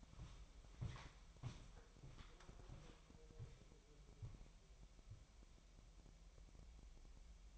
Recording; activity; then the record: daily activity, microphone in the room; walk to room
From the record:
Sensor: 1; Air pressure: 1002.0 hPa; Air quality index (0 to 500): 247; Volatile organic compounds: 51 ppm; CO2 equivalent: 3314 ppm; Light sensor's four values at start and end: 6/15/6/7 and 7/15/6/7